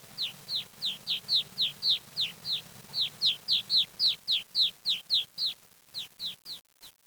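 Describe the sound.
Bird giving quick high down-slurred call notes in a rapid, steady series, fading out with a few soft knocks at the end.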